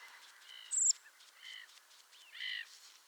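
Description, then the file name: Eurasian blackbird giving short, flat, reedy notes stacked in bands, plus one sharp, very high thin note, across about three seconds with light background hiss. "Turdus merula"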